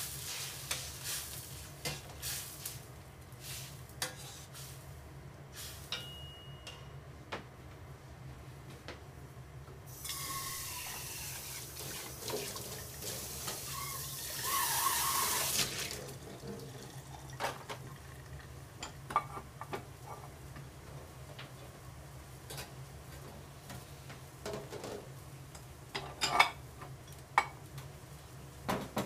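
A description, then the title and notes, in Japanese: Kitchen sounds while washing up and cooking, over a steady low hum. Small clicks, taps and clinks come scattered throughout, sharper near the end, and a rushing hiss like running water or sizzling swells from about ten to sixteen seconds. 洗い物の後はえびそば。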